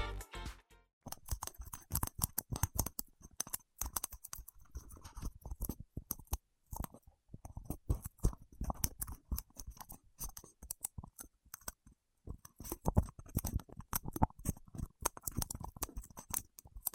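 Wax-coated fingertips make dense, rapid sticky clicks and crackles throughout, irregular and sharp, with brief pauses near six and twelve seconds.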